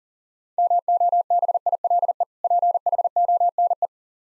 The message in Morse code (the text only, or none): MOBILE PHONE